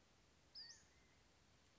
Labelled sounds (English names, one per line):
Western Flycatcher